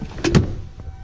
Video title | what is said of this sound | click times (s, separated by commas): 2014 Honda CRV - McKenney Salinas Honda - Charlotte Area Honda Dealer - 18767A | And simply just lift them up, lock into place. | 0.2 s, 0.3 s